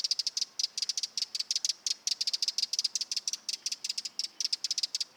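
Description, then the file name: Eurasian wren giving hard, dry ticking calls in quick short bursts, repeated steadily throughout with short gaps. "Troglodytes troglodytes"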